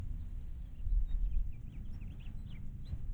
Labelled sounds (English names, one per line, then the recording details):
House Finch song
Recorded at North Valley Stream on Long Island, New York, on 11 June 1975
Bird A